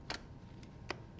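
A mounting plate is slid onto the rails of a Canon C100 camera rig with the V lined up to the V. Sharp clicks are heard at 0.1 s and 0.9 s, with fainter ticks around 0.6 s and 1.2 s. The plate seats onto the rails.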